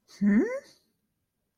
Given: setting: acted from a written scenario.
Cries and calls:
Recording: vocal sound without words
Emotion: confusion

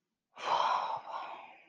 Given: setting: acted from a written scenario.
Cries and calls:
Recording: vocal sound without words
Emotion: guilt

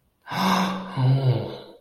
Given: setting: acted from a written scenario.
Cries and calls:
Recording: vocal sound without words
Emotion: adoration

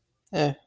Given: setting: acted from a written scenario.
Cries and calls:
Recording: vocal sound without words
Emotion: neutral

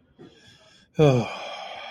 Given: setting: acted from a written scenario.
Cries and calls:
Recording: vocal sound without words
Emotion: shame

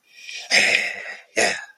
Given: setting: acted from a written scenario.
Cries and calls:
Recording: vocal sound without words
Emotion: triumph

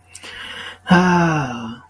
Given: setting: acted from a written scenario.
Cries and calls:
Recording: vocal sound without words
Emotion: contentment

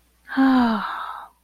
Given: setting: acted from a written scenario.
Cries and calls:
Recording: vocal sound without words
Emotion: serenity

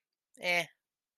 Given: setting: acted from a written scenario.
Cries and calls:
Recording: vocal sound without words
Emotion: neutral

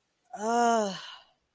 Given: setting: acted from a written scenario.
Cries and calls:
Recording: vocal sound without words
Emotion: pain

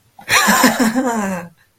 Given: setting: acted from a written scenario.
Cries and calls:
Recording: vocal sound without words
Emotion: realization

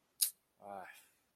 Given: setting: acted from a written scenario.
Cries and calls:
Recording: vocal sound without words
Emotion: disappointment

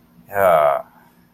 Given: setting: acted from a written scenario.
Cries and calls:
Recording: vocal sound without words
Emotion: serenity

